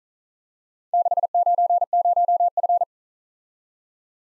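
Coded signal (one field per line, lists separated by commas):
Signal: Morse code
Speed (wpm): 40 wpm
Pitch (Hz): 700 Hz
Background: none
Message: 690F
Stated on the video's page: Morse practice of four-character letter-number groups, starting fast and slowing to a 35 wpm base speed; final repeat at maximum speed.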